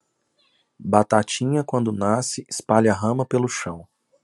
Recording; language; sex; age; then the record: short text; Brazilian Portuguese; male; 30 to 39 years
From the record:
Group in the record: control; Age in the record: 37 years